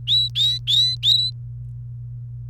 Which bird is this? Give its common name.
Domestic Canary